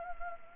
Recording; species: mosquito wingbeat signal from an infrared sensor; Anopheles gambiae